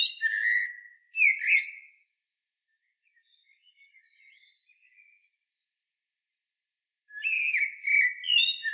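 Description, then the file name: Common blackbird song: low fluted warbling whistles ending in thin high twitters, one phrase at the start and another near the end, with quiet, scattered soft notes in between. "Turdus merula"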